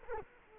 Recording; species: mosquito wingbeat signal from an infrared sensor; Culex quinquefasciatus